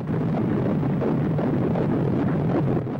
The sound of the heartbeat of an unborn baby just 28 days after conception.